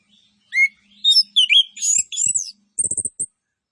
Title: Anis Kembang Gacor. MASTERAN ANIS KEMBANG ISIAN FULL DENGAN TEMBAKAN CILILIN